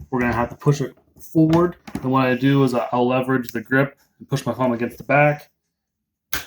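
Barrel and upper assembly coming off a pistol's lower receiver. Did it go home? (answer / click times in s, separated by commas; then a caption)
released / 6.3 s. Someone talks while levering against the grip of a Ruger Mark III pistol and pushing the metal barrel and upper assembly forward with a thumb during disassembly. A sharp snap at 6.3 s marks the assembly snapping free of the lower receiver.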